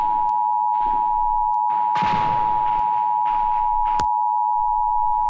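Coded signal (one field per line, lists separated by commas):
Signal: Emergency Alert System (SAME) tones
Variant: 853 and 960 Hz attention tone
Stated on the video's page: Fictional EAS scenario, a recreation.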